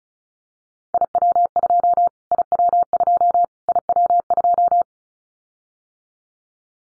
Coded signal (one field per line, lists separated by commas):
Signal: Morse code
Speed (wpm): 36 wpm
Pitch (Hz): 700 Hz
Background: none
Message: IW2 IW2 IW2